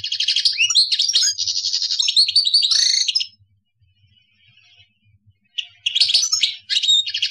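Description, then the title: European goldfinch song, a fast tinkling jumble of twittering, buzzy notes for three seconds, a pause, then another bright twittering burst; faint low hum underneath. "Chant Chardonneret"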